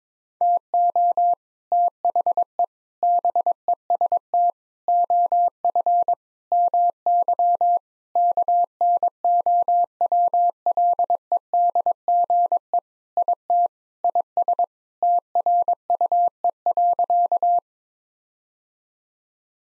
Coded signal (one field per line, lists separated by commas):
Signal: Morse code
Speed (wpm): 22 wpm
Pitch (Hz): 700 Hz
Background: none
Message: TO THE BEST OF MY KNOWLEDGE IT IS TRUE.